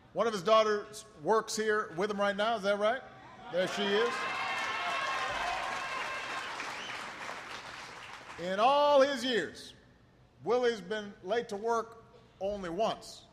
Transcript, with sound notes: One of his daughters works here with him right now -- is that right? There she is. (Applause.) In all his years, Willie has been late to work only once.